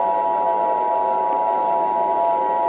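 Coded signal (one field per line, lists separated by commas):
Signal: Emergency Alert System (SAME) tones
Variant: 853 and 960 Hz attention tone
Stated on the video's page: Mock EAS tones in a fictional Robovirus scenario with text-to-speech voices.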